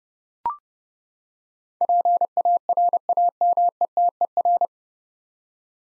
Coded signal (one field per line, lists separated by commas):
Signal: Morse code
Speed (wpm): 30 wpm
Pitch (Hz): 700 Hz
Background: none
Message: PARAMETER